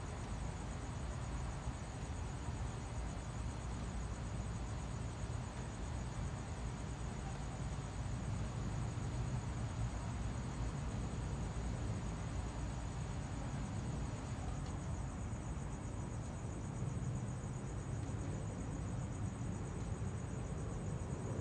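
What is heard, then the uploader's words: A backyard at night in Phoenix, Arizona, filled with a steady, dense wash of low rumbling noise, like distant traffic or a passing aircraft, that holds even throughout. A faint thin high tone runs across the top, possibly insects, easing slightly after fifteen seconds. Backyard at night in Pheonix, Arizona. This episode was recorded at night in the backyard of a central Phoenix home.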